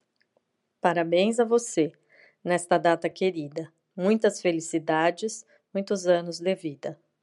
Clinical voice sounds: short text; Brazilian Portuguese; female; 50 to 59 years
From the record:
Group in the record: control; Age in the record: 51 years

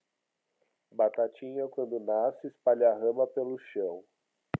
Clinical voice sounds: short text; Brazilian Portuguese; male; 30 to 39 years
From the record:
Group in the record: control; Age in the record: 36 years

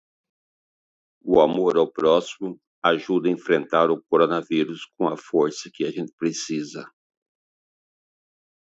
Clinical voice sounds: spoken sentence; Brazilian Portuguese; male; 60 to 69 years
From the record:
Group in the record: control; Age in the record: 61 years

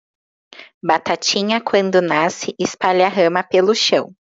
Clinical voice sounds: short text; Brazilian Portuguese; female; 20 to 29 years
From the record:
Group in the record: control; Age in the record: 26 years

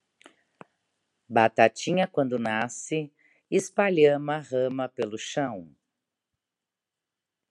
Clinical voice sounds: short text; Brazilian Portuguese; female; 50 to 59 years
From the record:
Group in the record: control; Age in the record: 58 years

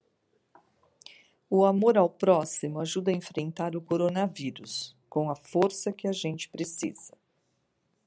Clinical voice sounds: spoken sentence; Brazilian Portuguese; female; 60 to 69 years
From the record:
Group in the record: control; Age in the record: 64 years

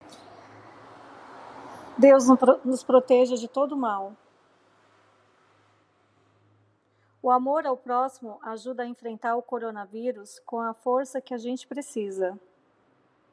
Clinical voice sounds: spoken sentence; Brazilian Portuguese; female; 40 to 49 years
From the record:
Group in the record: control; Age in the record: 43 years

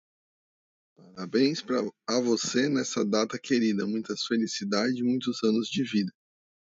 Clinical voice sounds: short text; Brazilian Portuguese; male; 40 to 49 years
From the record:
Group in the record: control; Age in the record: 43 years

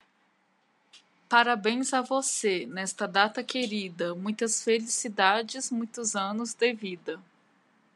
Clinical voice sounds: short text; Brazilian Portuguese; female; 30 to 39 years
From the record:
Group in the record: control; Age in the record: 38 years

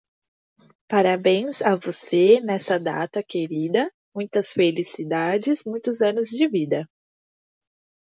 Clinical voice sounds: short text; Brazilian Portuguese; female; 30 to 39 years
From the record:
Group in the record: control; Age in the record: 35 years

